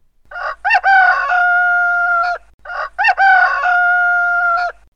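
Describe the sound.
Rooster crowing twice, each a loud cock-a-doodle-doo with short opening notes and a long held final note.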